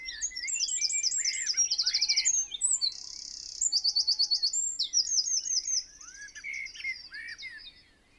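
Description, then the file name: Eurasian wren pours out a long, loud song of fast twittering notes and buzzy trills, fading toward the end. "Troglodytes troglodytes"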